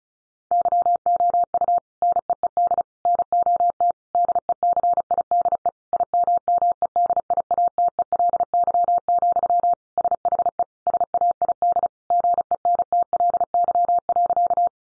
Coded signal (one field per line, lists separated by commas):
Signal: Morse code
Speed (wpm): 34 wpm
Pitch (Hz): 700 Hz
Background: none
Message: YOU NEED NOT DECIDE IMMEDIATELY, SHE SAID GENTLY.